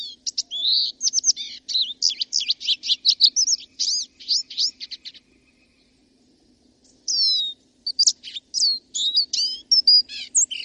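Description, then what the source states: Lesser Goldfinch singing a fast, varied string of bright chips, trills and down-slurred whistles, pausing briefly midway before resuming. Song heard all summer long; bird eats tiny seeds such as millet and dandelion.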